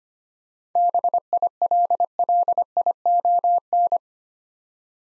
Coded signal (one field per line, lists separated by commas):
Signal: Morse code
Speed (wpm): 25 wpm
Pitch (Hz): 700 Hz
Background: none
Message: BILLION